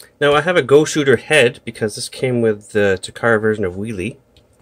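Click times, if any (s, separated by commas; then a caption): none. Someone talks while handling a replacement plastic Go Shooter head, from the Takara version of the Wheelie Transformers toy, as it is about to be pushed onto the toy robot's neck joint. Two faint, brief sounds come at about 4.4 and 4.6 seconds, but the head has not seated or clicked yet.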